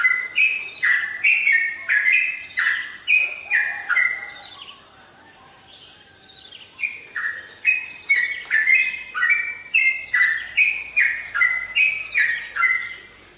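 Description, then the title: Oriental magpie-robin singing quick repeated downslurred whistles with clicky starts, roughly two a second, breaking off briefly near the middle before resuming. "Kicau Kacer"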